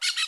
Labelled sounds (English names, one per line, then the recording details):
Brown-throated Parakeet contact call
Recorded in Curacao
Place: Road to Santa Cruz
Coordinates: 12.305, -69.141